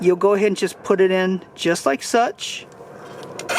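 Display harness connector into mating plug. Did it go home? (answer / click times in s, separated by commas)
no / none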